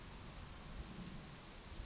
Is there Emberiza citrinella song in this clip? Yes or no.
no